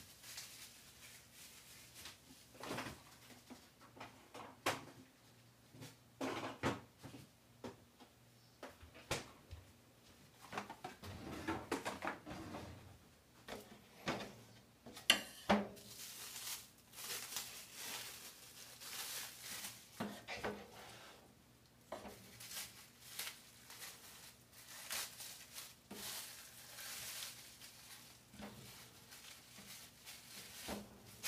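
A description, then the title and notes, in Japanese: Pork and onions are being stir-fried in a small kitchen, with a bright, uneven sizzle that swells and fades as the pan is worked. Sharp clacks of utensils against the pan come every second or two over a steady low hum. お弁当作り。豚肉と玉ねぎの、焼肉のタレ炒めを作っているところです。弁当箱はタッパーです。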